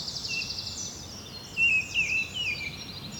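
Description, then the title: Bird calls, faint high twitter then two louder warbled whistled notes, with soft background noise. Birds ambience recorded at Seneffe, Belgium, with Sony PCM-D100 internal microphones. "Rue du Rossignol 7, 7180 Seneffe, Belgique - Birds ambience"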